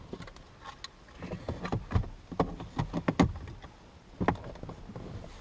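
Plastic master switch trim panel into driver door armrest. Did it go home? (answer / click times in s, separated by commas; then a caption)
no / none. A plastic master power switch trim panel is being handled and pushed down into a Honda driver door armrest, with scattered plastic knocks and rattles and sharp taps near 2.4, 3.2 and 4.3 seconds. Nothing has seated or clicked into place yet.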